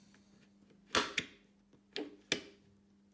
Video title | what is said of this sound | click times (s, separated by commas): How to inst.Alpharacing tank-cap Bmw S1000 RR 2019/2020 | twist it until it clicks and it stays. | 0.9 s, 2.0 s, 2.3 s